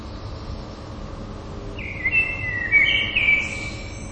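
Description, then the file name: Common blackbird song, a quiet start then a warbled fluty phrase with a few inflections, capped by a high squeaky twitter, over faint steady noise. "merles"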